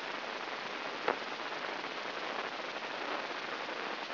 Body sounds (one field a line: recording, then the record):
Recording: brain microelectrode recording played as sound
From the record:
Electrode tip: inside the subthalamic nucleus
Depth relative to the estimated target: 1 mm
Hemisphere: right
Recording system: AlphaMap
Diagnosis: Parkinson's disease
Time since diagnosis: 11 years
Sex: male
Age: 66 years